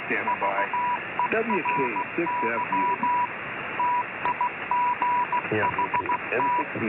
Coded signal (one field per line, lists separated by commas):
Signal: Morse code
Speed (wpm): 16 wpm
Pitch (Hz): 980 Hz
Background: speech, radio noise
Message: VERY TIGHT